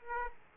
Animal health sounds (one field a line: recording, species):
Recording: mosquito wingbeat signal from an infrared sensor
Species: Aedes aegypti